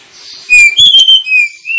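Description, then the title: Oriental magpie-robin giving a short string of pure whistled notes. Lure recording (pancingan) of a kacer, played to make other kacer birds sing (gacor, ngeplong) and fight at once; described as persistent (ngotot), full 'tembakan' song. "KACER NGOTOT FULL TEMBAKAN. Kacer dimana SAJA Bakalan NGEPLONG GACOR dengan Pancingan Kacer ini"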